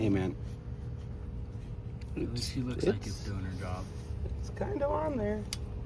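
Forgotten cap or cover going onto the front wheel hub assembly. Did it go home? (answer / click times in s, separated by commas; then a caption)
no / none. A forgotten cap or cover is being pressed onto the front wheel hub assembly of a 1997 4Runner during a front wheel bearing job done without a press, and it sits only loosely on the hub. Someone talks over low background noise and a few handling sounds. Nothing has seated or clicked yet.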